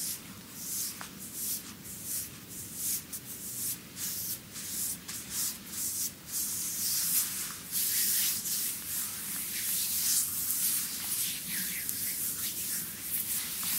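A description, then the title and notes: A bamboo massage heard as a rapid run of dry, hissing brushes and rubs, several strokes each second with no pause. The sound is bright and scratchy, with a faint low hum underneath, growing slightly busier after the midpoint. ASMR Chinese Bamboo Massage.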